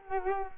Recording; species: mosquito wingbeat signal from an infrared sensor; Culex quinquefasciatus